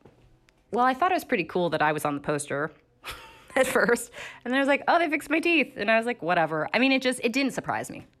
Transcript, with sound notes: I thought it was pretty cool that I was on the poster (laughter) at first. And I was like, oh, they fixed my teeth. And I was like, whatever. I mean, it just - it didn't surprise me.